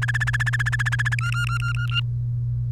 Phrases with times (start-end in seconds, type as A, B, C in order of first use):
0.02-1.15 A, 1.19-2.00 B